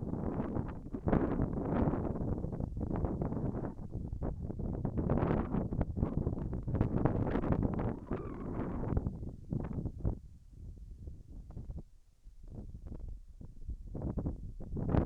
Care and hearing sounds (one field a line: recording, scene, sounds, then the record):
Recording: everyday scene through a hearing-aid microphone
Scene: wind on the microphone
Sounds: wind, whistling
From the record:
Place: in front of a rural house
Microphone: behind the ear, left, front